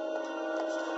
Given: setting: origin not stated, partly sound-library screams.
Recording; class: one-second piece from a danger detection set; woman in danger